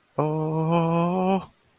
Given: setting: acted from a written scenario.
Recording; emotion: vocal sound without words; fear